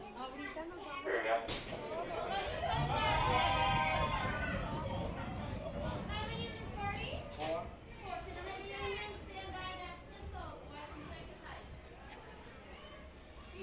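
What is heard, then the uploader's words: Crowd chatter at a theme park area, with several voices talking over one another and a steady low rumble underneath. A sharp knock lands near the start, and the talk swells loudest around the third and fourth seconds before easing. Mickey's Toon Town, Disneyland Binaural Recording. In this episode, we go on another audio adventure through Disneyland Park in Anaheim, California. This time we stroll through Mickey's Toon Town just days before they were scheduled to shut down for a year of maintenance and refurbishment.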